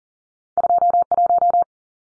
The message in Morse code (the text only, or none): 21